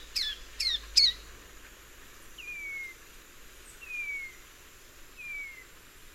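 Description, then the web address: Slaty-capped shrike-vireo giving three quick, sharply downslurred high notes, followed by three thin, falling whistles spaced well apart. South America, eastern lowlands. "Natures Songs S America Eastern Lowlands. Slaty-capped Shrike-Vireo"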